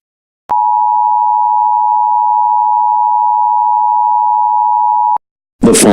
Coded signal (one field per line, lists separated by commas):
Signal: Emergency Alert System (SAME) tones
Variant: 853 and 960 Hz attention tone